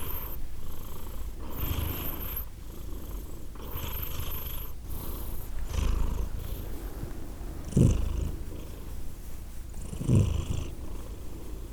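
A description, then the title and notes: A cat purrs in a low, steady rumble that swells and fades with each breath, with two brief louder thumps near eight and ten seconds. Purring, Glasgow, Scotland in December 2023 – by Steve Urquhart.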